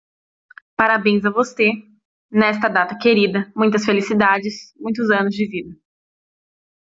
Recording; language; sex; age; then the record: short text; Brazilian Portuguese; female; 20 to 29 years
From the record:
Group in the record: control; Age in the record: 23 years